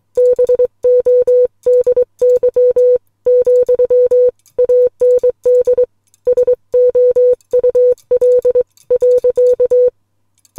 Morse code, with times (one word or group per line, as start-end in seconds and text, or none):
0.2-3.0 BODY
3.3-5.8 ,AND
6.3-9.9 SOUL.